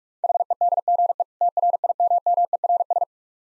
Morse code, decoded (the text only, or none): HEDGE TRIMMERS